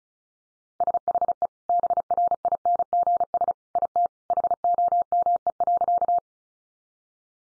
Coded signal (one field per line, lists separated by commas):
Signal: Morse code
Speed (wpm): 34 wpm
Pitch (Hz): 700 Hz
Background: none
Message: SHE BRINGS IT HOME.